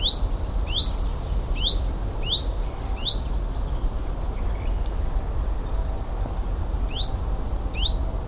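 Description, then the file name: Common chiffchaff song, a quick string of crisp high notes, then a pause of several seconds before two more notes, with low rumbling noise throughout. "Common Chiffchaff , Zilp Zalp"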